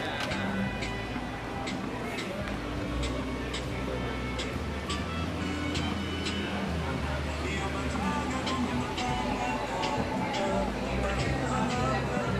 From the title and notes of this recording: In this episode we are taking a stroll down the busy 5th avenue in Playa Del Carmen, Mexico. Walking Down 5th Avenue In Playa Del Carmen.